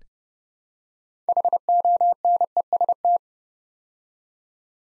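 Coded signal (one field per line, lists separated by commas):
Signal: Morse code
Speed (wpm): 30 wpm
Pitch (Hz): 700 Hz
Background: none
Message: HONEST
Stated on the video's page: Morse practice set building six-letter words three letters at a time at 30 wpm, for beginners working on instant character recognition.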